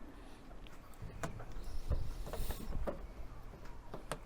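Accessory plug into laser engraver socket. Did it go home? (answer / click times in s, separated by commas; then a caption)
yes / 4.1 s. An accessory plug is pushed into its socket on an Xtool S1 laser engraver, with a few soft handling knocks and rustles along the way. It locks in place with a sharp click at 4.1 s.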